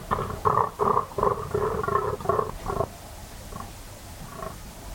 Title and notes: the eerie and dramatic fallow deer rut on a dark Dorset night. It's 3am on an autumn night in West Dorset. A fallow buck is staking his claim, warning off rivals and guarding his does. A guttural bellow that bursts the quiet and echoes through the combes and hills